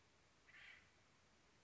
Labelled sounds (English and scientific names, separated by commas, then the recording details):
Acorn Woodpecker (Melanerpes formicivorus)
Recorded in Sonoma County, California